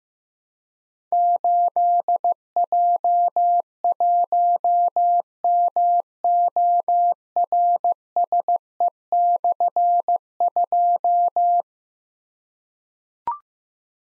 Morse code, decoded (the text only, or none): 8J1MORSE/2